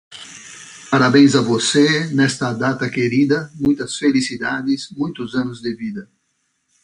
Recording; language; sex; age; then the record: short text; Brazilian Portuguese; male; 50 to 59 years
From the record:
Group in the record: control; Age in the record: 58 years